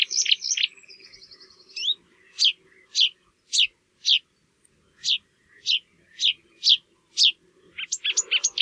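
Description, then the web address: Marsh warbler song: a chattering opening, then a series of evenly spaced sharp high notes, ending in a quick twittering burst. "geluiden bosrietzanger"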